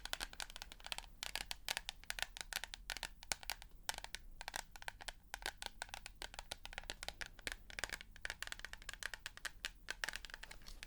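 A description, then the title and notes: Rapid, irregular tapping fills the whole clip, a dense run of sharp, bright clicks with only brief gaps, around 1, 4 and 5 seconds. The hits come in uneven clusters with a crisp, crackly edge, over a faint low hum. Tapping. (No Talking).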